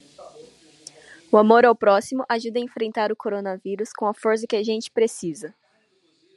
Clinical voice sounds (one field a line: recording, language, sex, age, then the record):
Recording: spoken sentence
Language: Brazilian Portuguese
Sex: female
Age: 20 to 29 years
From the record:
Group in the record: control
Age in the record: 25 years